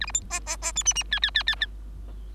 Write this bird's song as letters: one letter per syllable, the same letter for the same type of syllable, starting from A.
A B C D D D E F F G G G G